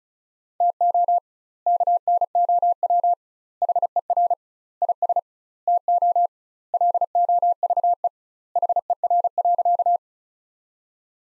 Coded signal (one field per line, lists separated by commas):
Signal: Morse code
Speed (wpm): 36 wpm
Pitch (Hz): 700 Hz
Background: none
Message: TO KNOW HER IS TO LOVE HER.